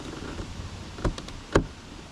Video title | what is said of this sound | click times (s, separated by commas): SWITCH BACK MIRROR LIGHTS! CHEVY/GMC HD TRUCK'S + HOW TO GET MOISTURE OUT AND RESEAL LIGHT HOUSING'S | down and then it should clip in like so | 1.6 s